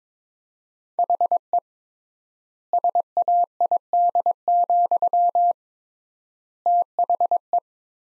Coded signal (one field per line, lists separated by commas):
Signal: Morse code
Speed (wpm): 22 wpm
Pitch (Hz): 700 Hz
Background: none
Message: HE SAID, THE